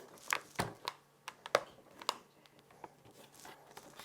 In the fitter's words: all right we got clicks we got clicks